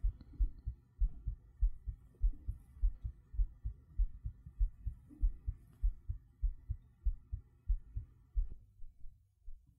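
Steady, soft low-pitched thumps repeat at roughly 100 per minute for about nine seconds, then fade. It is an adult's own heartbeat heard up close, played as a calming heartbeat sleep aid, with a faint hum underneath.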